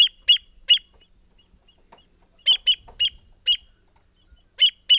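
American avocet calling with loud, shrill kleek notes in short groups separated by pauses.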